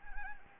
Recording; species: mosquito wingbeat signal from an infrared sensor; Anopheles gambiae